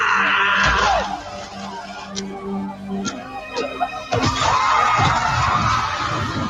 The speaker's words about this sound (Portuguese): É, eles gritando, não, é só por 20 centavos.